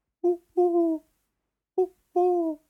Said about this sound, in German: Es war, wie der Chat auch richtig sagt, ein Waldkauz. Ein Waldkauz.